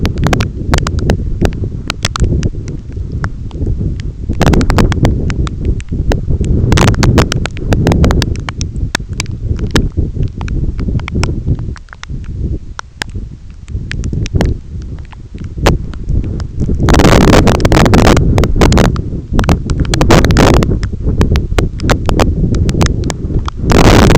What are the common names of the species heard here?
none